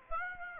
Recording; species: mosquito wingbeat signal from an infrared sensor; Aedes aegypti